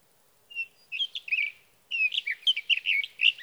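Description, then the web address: Sage thrasher giving a brisk warbling song, a soft opening note and short phrase, a pause, then a fast sequence of squeaky slurred notes. "birdsongforthecurious Sage Thrasher"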